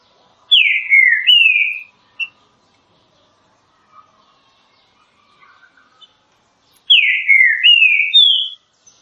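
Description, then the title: Green-winged saltator song: two loud whistled phrases of falling slurred notes separated by a quiet gap with faint soft notes. Classic song style of the green-winged saltator, presented for training birds. "Canto Clássico Trinca Ferro TREINAMENTO"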